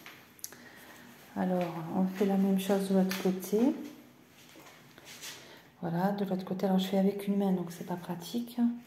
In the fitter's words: voyez ça se clipse bien